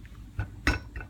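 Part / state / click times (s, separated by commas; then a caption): T-bar retainer into the pump check slot of a carburetor body / seated / 0.7 s. A small metal T-bar retainer for the pump check is set into its spring and slot in a Rochester 2G Tri-Power carburetor body during a rebuild, then tapped down so it locks into place. A softer tap at 0.4 s is followed by a loud, sharp metallic tap at 0.7 s, then faint light clinks near 1.0 s. The T-bar is seated by the 0.7 s tap.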